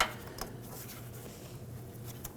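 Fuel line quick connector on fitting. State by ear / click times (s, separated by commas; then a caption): not seated / none. A fuel line quick connector is lined up and pushed toward its fitting during a fuel pump module assembly replacement on a 2015-2020 Ford F-150 2.7L V6. Brief handling taps and knocks land at about 0.0, 0.4, 2.3 and 2.4 seconds over a low steady hum. Nothing has seated or clicked yet.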